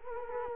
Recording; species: mosquito wingbeat signal from an infrared sensor; Culex quinquefasciatus